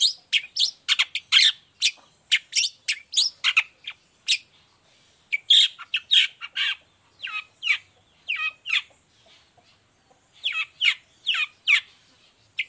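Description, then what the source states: Long-tailed shrike with a busy run of high chips and harsh notes, a brief pause, then another rapid series. Morning 'gacor' cendet song with 'toet toet' notes and full variation, clear voice, said to be easy for any type of cendet to imitate.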